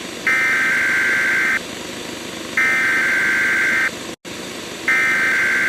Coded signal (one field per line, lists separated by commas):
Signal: Emergency Alert System (SAME) tones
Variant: header bursts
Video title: (EAS #6) WINTER STORM WARNING FOR @dondaplayer1! (12/4/2024)